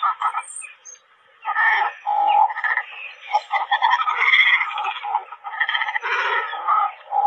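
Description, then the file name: Cormorant calls, a dense chorus of rasping, gargling croaks rising and falling in waves, after a short quiet gap near the start. "Tieng chim cong coc keu"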